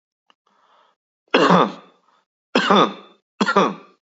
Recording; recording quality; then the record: heavy voluntary cough; excellent, no background noise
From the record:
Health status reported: exposed to COVID-19, no respiratory illness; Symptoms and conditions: none ticked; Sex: male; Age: 49 years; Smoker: not ticked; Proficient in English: yes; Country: United States